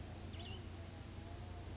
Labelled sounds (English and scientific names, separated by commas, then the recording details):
Cassin's Vireo (Vireo cassinii)
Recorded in Sonoma County, California